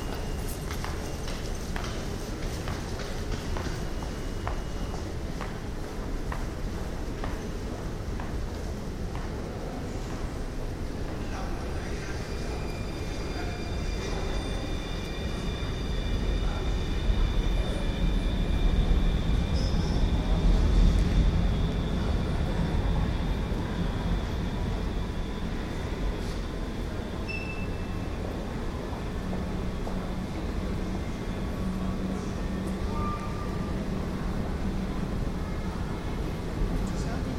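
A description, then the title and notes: A tram moves through an underground tunnel, its low rumble swelling from about fifteen seconds and peaking near twenty before easing off. Thin metallic squeals from wheels on rails run throughout, with a steady hum beneath and occasional clicks and knocks echoing in the enclosed space. Tramtunnel Den Haag. Arrivals and departures of tramcars in the Tramtunnel. Het komen en gaan van trams in de Haagse Tramtunnel.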